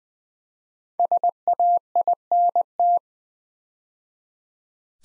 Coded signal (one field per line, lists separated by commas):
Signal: Morse code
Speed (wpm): 20 wpm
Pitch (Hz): 700 Hz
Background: none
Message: SAINT